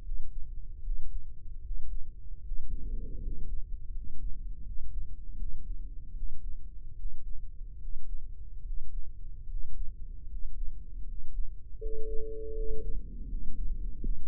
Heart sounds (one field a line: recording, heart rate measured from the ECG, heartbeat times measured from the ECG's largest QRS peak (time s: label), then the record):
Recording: heart sounds by microphone in the right ear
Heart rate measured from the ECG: 77 bpm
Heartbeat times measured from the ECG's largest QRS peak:
0.00 s: heartbeat
0.80 s: heartbeat
1.59 s: heartbeat
2.40 s: heartbeat
3.18 s: heartbeat
3.90 s: heartbeat
4.61 s: heartbeat
5.34 s: heartbeat
6.11 s: heartbeat
6.94 s: heartbeat
7.76 s: heartbeat
8.61 s: heartbeat
9.45 s: heartbeat
10.25 s: heartbeat
11.02 s: heartbeat
11.77 s: heartbeat
12.52 s: heartbeat
13.25 s: heartbeat
13.98 s: heartbeat
From the record:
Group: healthy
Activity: rest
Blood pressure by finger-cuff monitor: 90/62 mmHg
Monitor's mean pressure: 70 mmHg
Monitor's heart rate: 75 bpm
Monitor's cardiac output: 6.6 L/min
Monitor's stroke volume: 84 mL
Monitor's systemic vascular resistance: 750 dyn s/cm5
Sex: male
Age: 23 years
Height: 178 cm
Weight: 96.6 kg